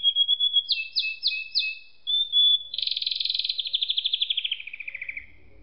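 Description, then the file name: Canary song: a whistled note, a few crisp repeated chirps, another whistle, then a long rolling trill that gradually drops and fades. "suara kenari makige"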